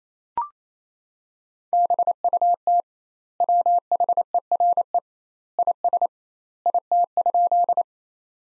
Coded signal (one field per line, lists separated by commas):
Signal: Morse code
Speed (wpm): 27 wpm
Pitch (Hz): 700 Hz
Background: none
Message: BUT WHERE IS IT?